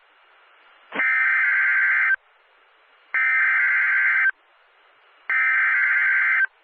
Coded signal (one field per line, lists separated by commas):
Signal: Emergency Alert System (SAME) tones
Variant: header bursts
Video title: TRIPLE HEADER! 2 SVR's and 1 SMW (4/21/20) [EAS #1-3]